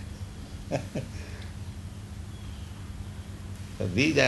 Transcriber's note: chuckles